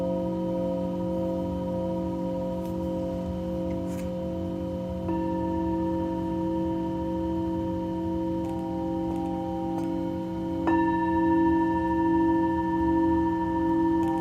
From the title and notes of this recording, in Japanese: メキシコから シンギングボウルのサウンドヒーリング。